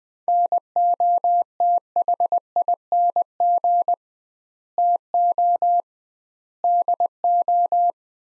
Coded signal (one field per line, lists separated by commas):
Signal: Morse code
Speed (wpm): 20 wpm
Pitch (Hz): 700 Hz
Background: none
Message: NOTHING TO DO